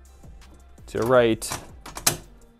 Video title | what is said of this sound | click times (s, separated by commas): BEST Camping & Overland Storage Setup - ESPECIALLY for daily drivers! - Modular & Customizable! | right there if you hear that latch so basically this the whole entire drawer top can | 2.1 s